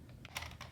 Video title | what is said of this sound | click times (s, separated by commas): Did I Dream This? | oh yeah ex excellent design excellent design the way these just snap right in there is super easy | 0.2 s, 0.4 s